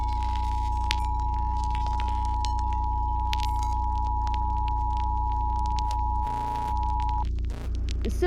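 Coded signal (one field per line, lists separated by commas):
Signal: Emergency Alert System (SAME) tones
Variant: 853 and 960 Hz attention tone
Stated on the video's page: Fictional EAS scenario, an original creation, not a real alert.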